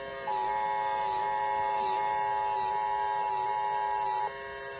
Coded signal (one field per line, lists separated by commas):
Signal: Emergency Alert System (SAME) tones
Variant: 853 and 960 Hz attention tone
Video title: Tornado Warning in Kansas with Sage printer on EAS #28